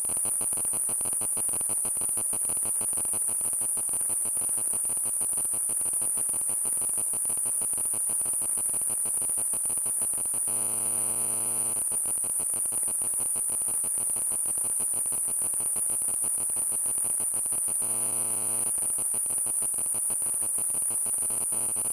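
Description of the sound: Simulated tinnitus: a steady high-pitched tone near 9 kHz over a continuous, rapidly pulsing, insect-like buzz, with two brief stretches where the buzz turns into a lower harmonic hum.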